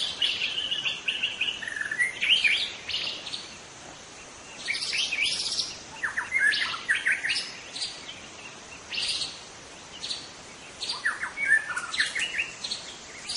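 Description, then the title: White-rumped shama song: mixed whistled notes and harsh buzzy bursts, in phrases of a second or two with brief pauses between. Bird calling in forest. "Suara burung murai batu hutan"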